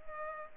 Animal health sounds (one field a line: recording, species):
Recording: mosquito wingbeat signal from an infrared sensor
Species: Culex pipiens